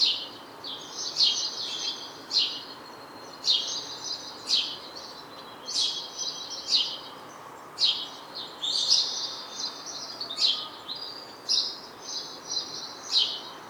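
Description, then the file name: House sparrow chirping: short, bright chirps repeated about once a second, sometimes in quick clusters, over a steady low background hiss. "Passer domesticus"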